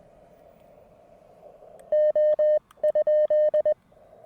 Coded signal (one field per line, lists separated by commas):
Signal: Morse code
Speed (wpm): 20 wpm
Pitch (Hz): 590 Hz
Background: none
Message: O?